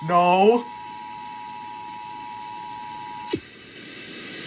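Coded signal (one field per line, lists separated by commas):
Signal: Emergency Alert System (SAME) tones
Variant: 853 and 960 Hz attention tone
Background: speech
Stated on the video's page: Required monthly test carried by Richmond-area radio stations.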